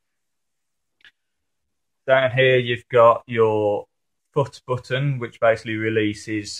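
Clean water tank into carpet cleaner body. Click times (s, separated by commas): 1.1 s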